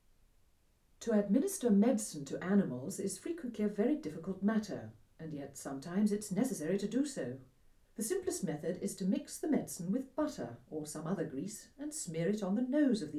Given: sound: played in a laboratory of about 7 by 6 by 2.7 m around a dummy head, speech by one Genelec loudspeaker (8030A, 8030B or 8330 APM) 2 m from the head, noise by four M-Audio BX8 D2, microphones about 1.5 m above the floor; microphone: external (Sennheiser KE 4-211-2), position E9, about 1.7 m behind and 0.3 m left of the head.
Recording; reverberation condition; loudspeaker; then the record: female speech in English; low; 120 degrees to the right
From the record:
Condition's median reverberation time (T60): about 310 ms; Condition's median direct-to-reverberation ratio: about 3.5 dB